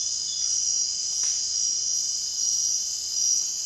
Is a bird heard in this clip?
no